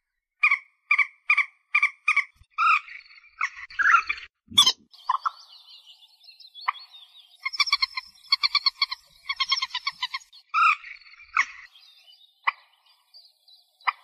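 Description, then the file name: White-breasted waterhen calls: a run of evenly spaced harmonic croaks, then a sharp burst and bouts of quick chattering croaks. "Tieng cuoc bien cuoc moc trich re chim den"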